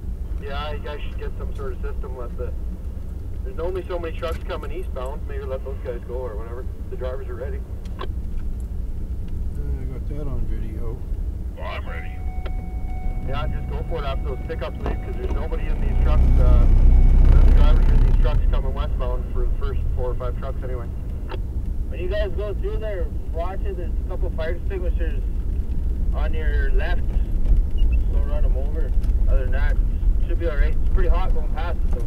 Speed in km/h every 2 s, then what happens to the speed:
19, 20, 20, 20, 24, 27, 29, 33, 34, 36, 39, 39, 39, 39, 40, 40.
0-6 steady at about 20. 6-20 speeds up to 39. 20-32 steady at about 39.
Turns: none.